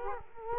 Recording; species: mosquito wingbeat signal from an infrared sensor; Culex quinquefasciatus